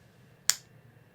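A plastic number one guard is snapped onto the blade of a Wahl hair clipper in the closed position, as insurance. A single sharp, bright click sounds at 0.5 s and fades quickly against a quiet low hum. The guard clicks on and is seated.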